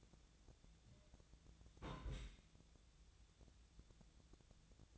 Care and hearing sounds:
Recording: daily activity, microphone in the room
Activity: place on stove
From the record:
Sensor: 3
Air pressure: 1010.0 hPa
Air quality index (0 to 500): 188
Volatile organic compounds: 14 ppm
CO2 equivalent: 2444 ppm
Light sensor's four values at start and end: 42/105/45/48 and 42/105/45/48

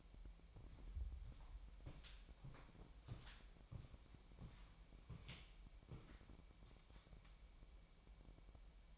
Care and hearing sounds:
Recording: daily activity, microphone in the room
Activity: walk to room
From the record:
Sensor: 1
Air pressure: 1002.0 hPa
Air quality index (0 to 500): 247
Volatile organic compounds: 51 ppm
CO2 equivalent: 3313 ppm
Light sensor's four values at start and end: 8/18/7/8 and 7/17/7/8

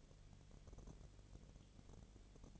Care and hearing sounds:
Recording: daily activity, microphone in the room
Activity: no activity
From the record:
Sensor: 4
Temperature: 22.4 degrees Celsius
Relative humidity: 31.0%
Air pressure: 1004.1 hPa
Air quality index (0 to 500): 85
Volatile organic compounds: 1 ppm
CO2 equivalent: 769 ppm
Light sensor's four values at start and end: 2/3/1/1 and 2/3/1/1

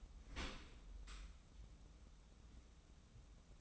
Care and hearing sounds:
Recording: daily activity, microphone in the room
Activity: open dishwasher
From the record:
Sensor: 1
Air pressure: 994.4 hPa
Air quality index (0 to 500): 219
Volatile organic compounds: 1000 ppm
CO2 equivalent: 7874 ppm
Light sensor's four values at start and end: 156/358/161/179 and 156/359/161/179

